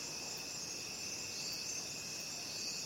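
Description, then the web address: Cricket chorus of continuous shrill trilling, even and unchanging. Crickets calling at night. "the sound pack tree. night crickets"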